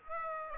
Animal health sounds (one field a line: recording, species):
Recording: mosquito wingbeat signal from an infrared sensor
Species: Aedes aegypti